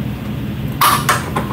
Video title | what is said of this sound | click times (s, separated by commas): MS3C 300TS Features and Basic Operations Guide HD | track will automatically lock into place there | 1.1 s, 1.4 s